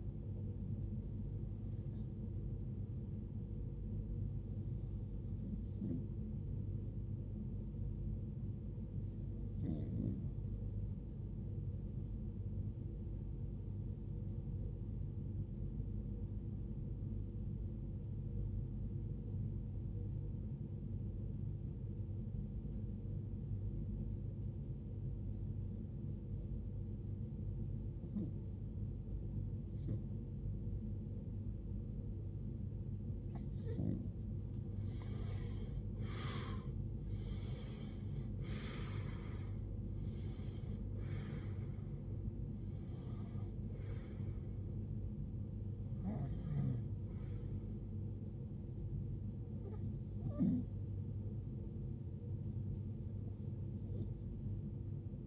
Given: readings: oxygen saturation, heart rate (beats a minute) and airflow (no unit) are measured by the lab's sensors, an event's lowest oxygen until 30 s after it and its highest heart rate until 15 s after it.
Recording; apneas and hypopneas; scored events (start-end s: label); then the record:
breathing in sleep by a smartphone at the bedside; 1
10.00-39.10 s: hypopnea (N1, oxygen 95% highest, then 84% lowest, heart rate 72 at the start, 81 highest)
27.00-55.27 s: new sleep stage, REM sleep
From the record:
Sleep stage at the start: N1 (lightest sleep); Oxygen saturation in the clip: 80 to 95%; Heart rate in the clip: 54 to 81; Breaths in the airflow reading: 10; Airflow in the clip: -21.6 to 19.9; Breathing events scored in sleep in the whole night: 389 in 6.3 hours asleep